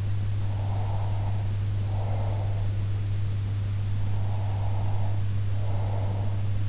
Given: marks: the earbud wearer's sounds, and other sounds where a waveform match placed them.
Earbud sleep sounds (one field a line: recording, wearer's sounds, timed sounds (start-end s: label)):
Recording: sounds in sleep by an in-ear microphone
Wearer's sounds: breath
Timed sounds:
0.47-2.79 s: breath
3.90-6.56 s: breath